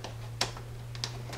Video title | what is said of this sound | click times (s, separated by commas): Why Does The Jeep 4.0L Overheat? | until it clicks | 0.4 s